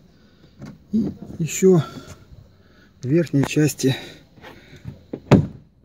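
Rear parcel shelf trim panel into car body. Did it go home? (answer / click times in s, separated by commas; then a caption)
yes / 5.3 s. Someone talks while the upper part of a plastic rear parcel shelf trim panel on a Kia Rio is pressed into the car body during a teardown to cure a squeak with anti-squeak soundproofing. The upper clip snaps in with a loud thunk at 5.3 s, and the panel is seated in place.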